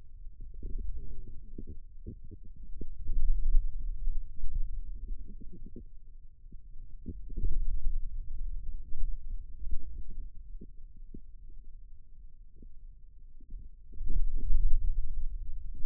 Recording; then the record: forearm muscle sounds (acoustic myography)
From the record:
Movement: pen grasping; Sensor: system 2, bracelet of six BSWA MPA416 microphones around the upper forearm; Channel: 6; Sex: male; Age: 22 years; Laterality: right